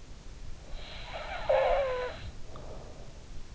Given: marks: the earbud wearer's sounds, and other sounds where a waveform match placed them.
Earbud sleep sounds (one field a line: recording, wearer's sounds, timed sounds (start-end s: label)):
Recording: sounds in sleep by an in-ear microphone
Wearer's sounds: snoring breath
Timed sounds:
0.62-3.28 s: snoring breath